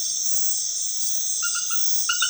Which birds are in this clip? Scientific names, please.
none